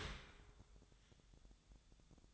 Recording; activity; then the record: daily activity, microphone in the room; open dishwasher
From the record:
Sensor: 3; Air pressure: 1004.7 hPa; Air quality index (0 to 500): 100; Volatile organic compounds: 4 ppm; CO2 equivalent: 1558 ppm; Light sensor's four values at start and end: 7/17/7/6 and 7/17/7/7